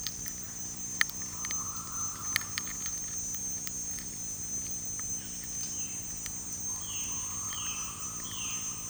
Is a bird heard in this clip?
yes